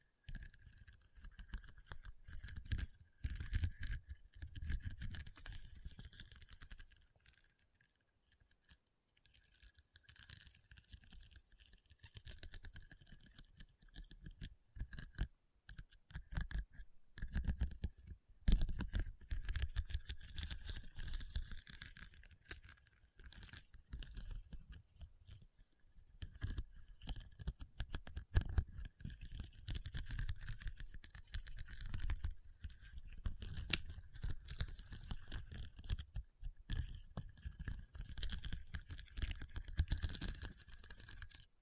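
Rhinestone tapping and scratching runs through the whole stretch as dense, crisp clicks and rasping scrapes with a bright, gritty edge. The activity comes in busy bursts with brief gaps, thinning out around eight to nine seconds and again near twenty-five, then picking back up.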